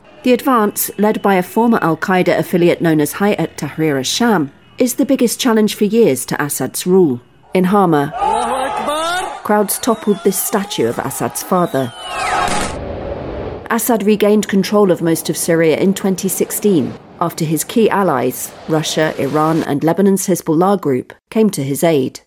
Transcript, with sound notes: The advance, led by a former al-Qaeda affiliate known as Hayat Tahrir al-Sham, is the biggest challenge for years to Assad's rule. (sound of the crowd while the reporter speaks) In Hama, crowds toppled this statue of Assad's father. Assad regained control of most of Syria in 2016 after his key allies, Russia, Iran and Lebanon's Hezbollah group, came to his aid.